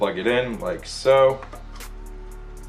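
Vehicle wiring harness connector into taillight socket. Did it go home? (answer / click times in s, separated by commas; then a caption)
no / none. Someone talks while a plastic wiring harness connector is being pushed into the back of a new VIPMotoz Sequential OLED LED taillight on a Jeep Wrangler, with steady background music underneath. Two faint brief ticks come at 2.7 and 2.8 s, but the connector has not seated or clicked yet when the clip ends.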